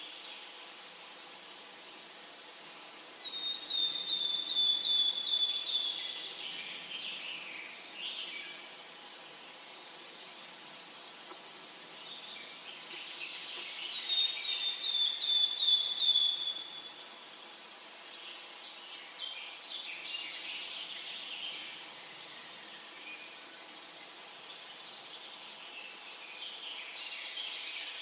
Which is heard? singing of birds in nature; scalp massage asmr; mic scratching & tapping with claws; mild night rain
singing of birds in nature